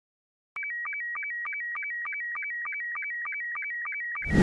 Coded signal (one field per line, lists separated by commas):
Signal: SSTV (slow-scan television)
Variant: Robot 72